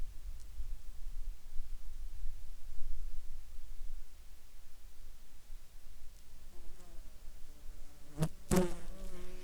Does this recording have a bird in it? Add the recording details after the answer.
no. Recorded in Ivvavik National Park, Yukon, on 8 July 2019 at 11:39. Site SINP03